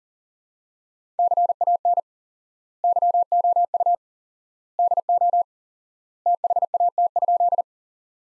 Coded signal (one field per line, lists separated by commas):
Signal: Morse code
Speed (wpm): 40 wpm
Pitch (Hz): 700 Hz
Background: none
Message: CAN YOU DO THAT?